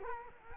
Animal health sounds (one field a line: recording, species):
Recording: mosquito wingbeat signal from an infrared sensor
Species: Culex quinquefasciatus